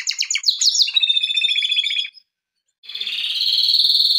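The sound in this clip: Canary song: fast descending rattling phrases, then a pause and a steady high buzzy trill.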